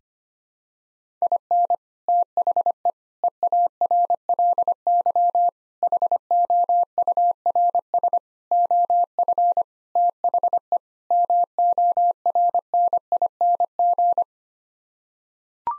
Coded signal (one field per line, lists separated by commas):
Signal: Morse code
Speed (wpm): 25 wpm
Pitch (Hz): 700 Hz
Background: none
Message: IN THE EARLY HOURS OF THE MORNING